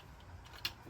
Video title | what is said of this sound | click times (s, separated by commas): How to install a bluetooth radio on a 2016 Ford Transit 150 base model | It snaps right in. There we go. | 0.6 s